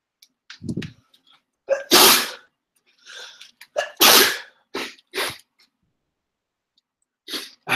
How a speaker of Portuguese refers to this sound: Espirrar. Carinite bonita. Gostosa. De novo espirrar.